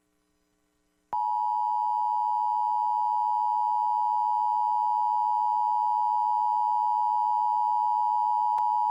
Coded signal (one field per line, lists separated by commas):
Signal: Emergency Alert System (SAME) tones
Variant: 853 and 960 Hz attention tone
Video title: Required Monthly Test (EAS #18)